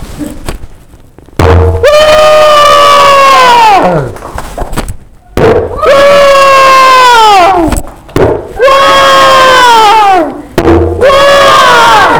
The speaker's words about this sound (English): Okay, that's good. You are a drummer yourself, I can see. Wow! When you are clapping your hands, make some noise too.